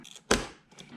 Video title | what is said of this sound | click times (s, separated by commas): The Set Up Episode 1: The PC! | you'll know that your memory is seated properly when you can hear that nice click sound | 0.3 s